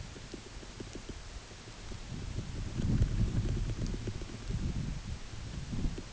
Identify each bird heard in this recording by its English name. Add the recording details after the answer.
none. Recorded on Arctic tundra, site UTQI-8, on 14 June 2019. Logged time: 10:00